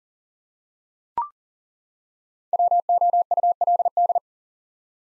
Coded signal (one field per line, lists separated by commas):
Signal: Morse code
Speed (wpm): 40 wpm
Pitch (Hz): 700 Hz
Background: none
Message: WOULD